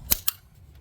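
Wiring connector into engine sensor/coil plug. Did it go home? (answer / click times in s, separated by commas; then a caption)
yes / 0.1 s. An electrical connector on a 2010 Volkswagen Jetta 2.5L engine is plugged back into its sensor/coil plug after the bolts have been torqued down. A loud, sharp snap at 0.1 s is followed by a second sharp click at 0.3 s, then only faint background. The snap at 0.1 s confirms the connector is seated.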